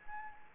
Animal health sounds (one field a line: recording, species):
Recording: mosquito wingbeat signal from an infrared sensor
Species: Anopheles arabiensis